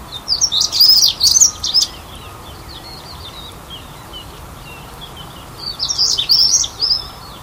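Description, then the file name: European stonechat chirping: two bursts of high, scratchy twittering notes, one early and one near the end, separated by a quiet pause with a faint background hiss. "Saxicola rubicola - European Stonechat"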